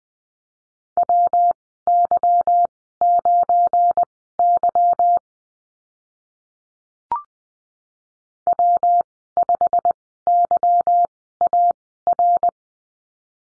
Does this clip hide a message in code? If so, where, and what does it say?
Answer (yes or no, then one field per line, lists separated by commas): yes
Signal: Morse code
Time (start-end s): 1.0-12.5 s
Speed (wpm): 19 wpm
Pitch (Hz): 700 Hz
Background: none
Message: WY9Y W5YAR